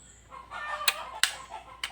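A speargun shaft is pushed into its trigger lock mechanism, and the lock engages again with a loud, sharp click at 1.2 s, confirming it has seated. Two other short, sharp transients occur around 0.9 s and 1.8 s over a background of steady midrange sound.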